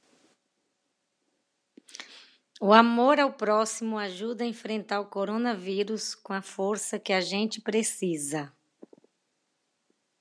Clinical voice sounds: spoken sentence; Brazilian Portuguese; female; 50 to 59 years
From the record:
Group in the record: control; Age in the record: 52 years

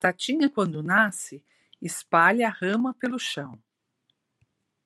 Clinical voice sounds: short text; Brazilian Portuguese; female; 60 to 69 years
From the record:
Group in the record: control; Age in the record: 62 years

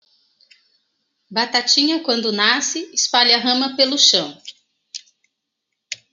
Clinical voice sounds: short text; Brazilian Portuguese; female; 40 to 49 years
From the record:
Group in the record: control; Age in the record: 47 years

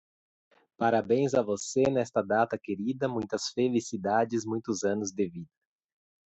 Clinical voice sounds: short text; Brazilian Portuguese; male; 30 to 39 years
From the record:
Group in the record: control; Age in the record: 34 years

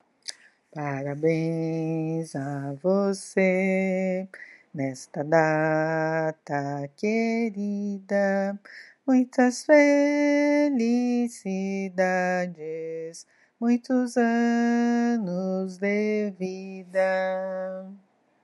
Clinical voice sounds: short text; Brazilian Portuguese; female; 60 to 69 years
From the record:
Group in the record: control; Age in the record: 62 years

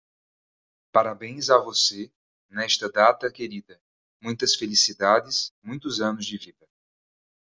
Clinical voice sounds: short text; Brazilian Portuguese; male; 20 to 29 years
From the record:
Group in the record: control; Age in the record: 26 years

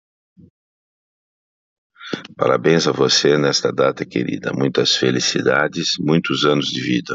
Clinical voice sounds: short text; Brazilian Portuguese; male; 60 to 69 years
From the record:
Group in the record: control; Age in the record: 67 years

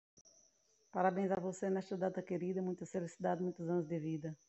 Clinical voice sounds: short text; Brazilian Portuguese; female; 30 to 39 years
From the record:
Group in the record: control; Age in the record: 39 years

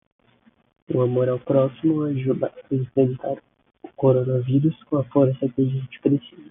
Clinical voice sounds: spoken sentence; Brazilian Portuguese; male; 20 to 29 years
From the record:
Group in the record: control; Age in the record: 27 years

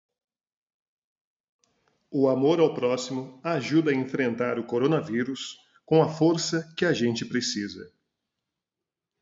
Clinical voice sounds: spoken sentence; Brazilian Portuguese; male; 40 to 49 years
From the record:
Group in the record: control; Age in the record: 45 years

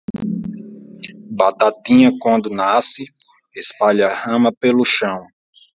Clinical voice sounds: short text; Brazilian Portuguese; male; 20 to 29 years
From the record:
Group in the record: control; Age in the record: 26 years

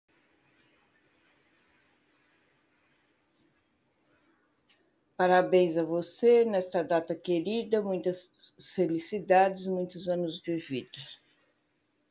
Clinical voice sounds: short text; Brazilian Portuguese; female; 60 to 69 years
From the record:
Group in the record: control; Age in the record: 65 years

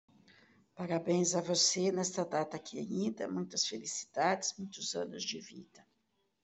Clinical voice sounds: short text; Brazilian Portuguese; female; 50 to 59 years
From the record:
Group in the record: control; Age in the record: 55 years

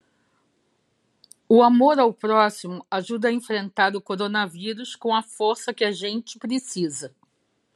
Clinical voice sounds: spoken sentence; Brazilian Portuguese; female; 50 to 59 years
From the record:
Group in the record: control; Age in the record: 59 years

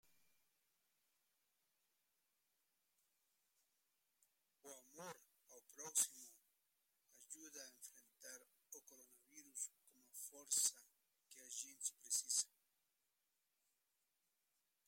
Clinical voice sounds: spoken sentence; Brazilian Portuguese; male; 50 to 59 years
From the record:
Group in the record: control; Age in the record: 52 years

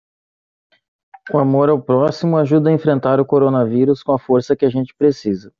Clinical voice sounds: spoken sentence; Brazilian Portuguese; male; 30 to 39 years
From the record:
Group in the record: control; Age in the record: 32 years

